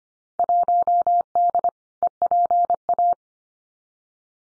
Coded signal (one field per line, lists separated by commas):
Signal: Morse code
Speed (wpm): 25 wpm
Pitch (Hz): 700 Hz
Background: none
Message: 1D EPA